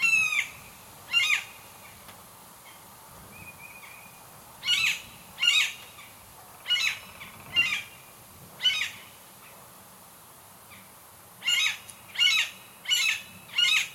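Bird calls, many short harsh rasping notes in loose groups, with quiet gaps between bursts.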